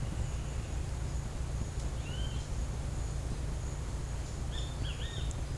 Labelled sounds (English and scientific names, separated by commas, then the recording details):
Great Kiskadee (Pitangus sulphuratus)
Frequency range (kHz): Great Kiskadee (Pitangus sulphuratus) 0.8-5.4 kHz
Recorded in secondary vegetation near Puerto Asís, Putumayo, Colombia, on 20 December 2024 at 11:30
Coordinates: 0.499, -76.323
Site G010